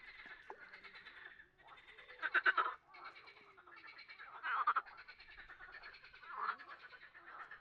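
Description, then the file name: Frog chorus: dense, softer overlapping croaks with grating pulses, a few louder bursts standing out over the steady background calling. "grenouilles"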